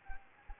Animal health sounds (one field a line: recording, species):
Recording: mosquito wingbeat signal from an infrared sensor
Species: Anopheles gambiae